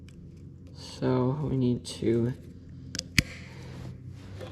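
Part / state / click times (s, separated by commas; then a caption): metal retaining clip onto chain master link pins / seated / 3.0 s, 3.2 s. Someone talks, then a small metal retaining clip is pushed onto the master link pins of a mini bike chain. Two sharp clicks are heard at 3.0 s and 3.2 s as the clip snaps on and seats.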